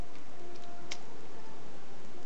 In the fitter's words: over this part over here so it locks into place for both sides